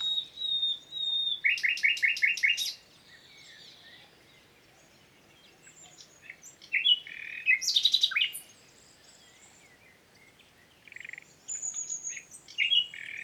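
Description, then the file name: Common nightingale song in separate bursts: a rapid rattling trill of repeated notes, quiet gaps, then sharp scattered phrases and whistles. "Luscinia megarhynchos"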